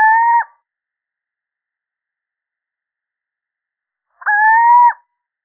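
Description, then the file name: Little owl calling: the end of one hoot, then after roughly four seconds a full clear hoot, a level, slightly rising mellow note, in otherwise quiet surroundings. Male. "Sycek obecny samec"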